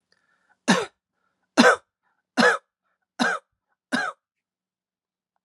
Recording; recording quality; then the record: heavy voluntary cough; excellent, no background noise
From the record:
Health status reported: healthy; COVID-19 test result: not tested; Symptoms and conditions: none ticked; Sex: male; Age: 44 years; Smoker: not ticked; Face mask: not worn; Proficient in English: yes